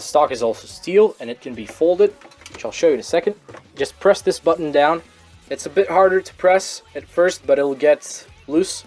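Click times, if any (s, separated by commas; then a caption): none. Someone talks while handling the steel folding stock of a CM045A airsoft AK rifle, pressing its release button to fold the stock toward the receiver latch. No distinct handling sounds stand out over the voice, and nothing has seated or clicked into place yet.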